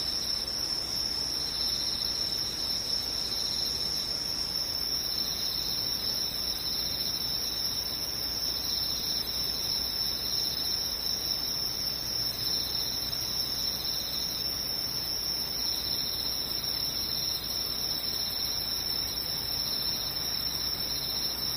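Insects sing in a continuous, high-pitched shrill that holds steady for the whole clip, with bright bands sitting well above everything else. The chirring is dense and unbroken, with no distinct pauses. Beneath it lies a soft, even hiss with no other sounds.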